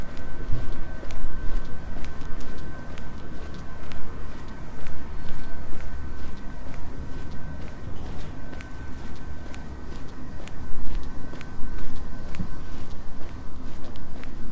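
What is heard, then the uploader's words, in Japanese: Footsteps of someone walking, with sharp clicks landing at a fairly regular pace, roughly every half second to second. A steady low rumble and a constant thin high tone sit underneath throughout. The loudness stays fairly even across the clip. 歩いている音。Walking.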